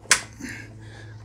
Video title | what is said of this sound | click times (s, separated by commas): How To Replace Brute or Husqvarna Self Propel Cable | And then this is just going to snap into place on the top side, just like so. | 0.1 s